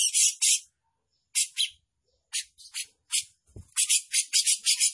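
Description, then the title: Grey-cheeked bulbul song of harsh, scratchy high bursts, some long and some clipped, in uneven runs with short silent gaps, plus one low thump. Prolific-singing (gacor) individual; song described as showy and in the 'mbeset ngepik' style. "Cucak Jenggot Gacor, Mewah Mbeset Ngepik"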